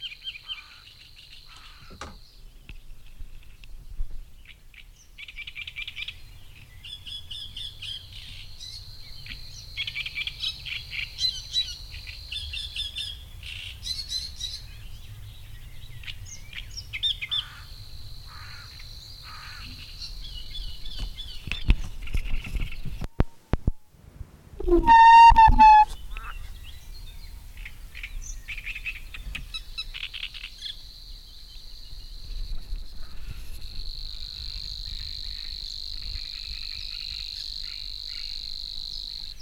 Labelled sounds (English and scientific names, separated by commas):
Savi's Warbler (Locustella luscinioides) song